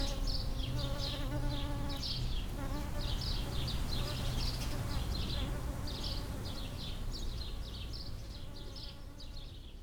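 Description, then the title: Bumblebee buzz in bursts and a longer drone that slowly fades, with repeated high chirps and a low rumble. Bumblebees approaching a flowering lavender, recorded with a pair of microphones placed in the plant. "Abejorros En Flor"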